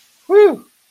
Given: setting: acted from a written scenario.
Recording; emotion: vocal sound without words; relief